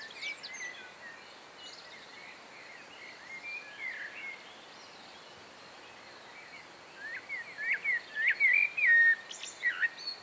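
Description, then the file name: Common blackbird song: faint scattered notes amid steady noise, then a clearer series of fluty whistles and squeaky twitters in the final seconds. "Mirlo comun"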